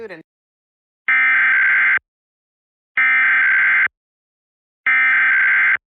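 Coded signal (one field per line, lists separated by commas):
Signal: Emergency Alert System (SAME) tones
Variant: header bursts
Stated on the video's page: Pennsylvania Required Monthly Test relayed by FM radio stations, a Trilithic EASyCAST relay, an Xfinity cable box and stream, and Philadelphia and Lancaster TV stations.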